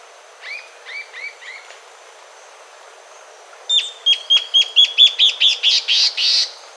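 Bird calls: a few short high chirps in a group, a pause, then a quick series of sharp repeated notes that grow buzzier toward the end.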